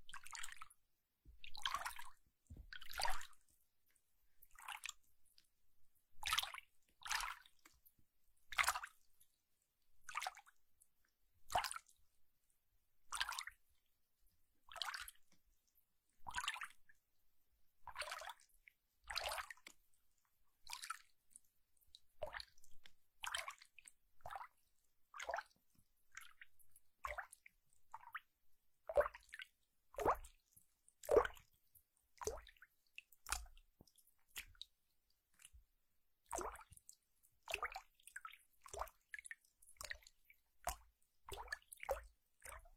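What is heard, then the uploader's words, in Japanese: Water sounds: short, splashy drops that fall at a fairly regular pace, about one every second or so, with silence between. After the midpoint the drops come quicker and more irregularly, some overlapping, with a few soft low thuds beneath. 水の音。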